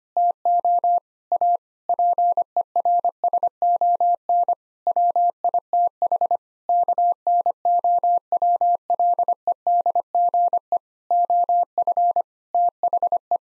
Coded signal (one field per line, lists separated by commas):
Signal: Morse code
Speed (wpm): 25 wpm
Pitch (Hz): 700 Hz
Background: none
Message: TO A PERSON WITH KNOWLEDGE OF THE